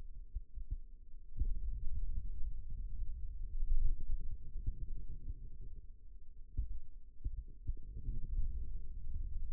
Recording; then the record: forearm muscle sounds (acoustic myography)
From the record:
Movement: radial deviation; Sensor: system 2, bracelet of six BSWA MPA416 microphones around the upper forearm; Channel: 3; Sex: male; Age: 22 years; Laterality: right